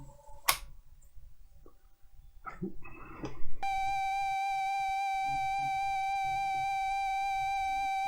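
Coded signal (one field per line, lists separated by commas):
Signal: ZX Spectrum tape loading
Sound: handling clatter, then a steady buzzy lead tone to the end, no data warble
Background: room handling noise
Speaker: let's load some jetpack. Let's just use a table.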